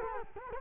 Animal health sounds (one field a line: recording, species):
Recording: mosquito wingbeat signal from an infrared sensor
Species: Culex quinquefasciatus